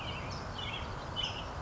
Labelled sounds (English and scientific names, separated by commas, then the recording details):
California Towhee (Melozone crissalis)
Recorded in Sonoma County, California